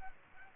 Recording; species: mosquito wingbeat signal from an infrared sensor; Culex pipiens